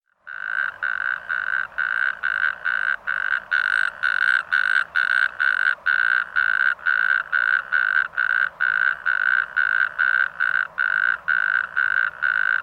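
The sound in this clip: Natterjack toad repeating short loud rattling bursts, a little more than two per second, steady and even throughout.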